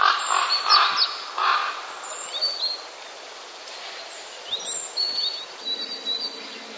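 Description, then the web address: Common raven giving a few harsh, rasping calls in the first two seconds, followed by thin, high chirps from small birds. Calls during the mating season. "wroblowe ptaki krucze gody. wroblowe ptaki kruk"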